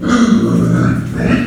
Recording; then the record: squeal of a Yucatan mini pig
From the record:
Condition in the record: after surgery on the right vocal fold (resection and tissue-engineered implant); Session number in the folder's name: 6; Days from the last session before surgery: 40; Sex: female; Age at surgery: 19 weeks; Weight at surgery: 25 kg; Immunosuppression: prednisolone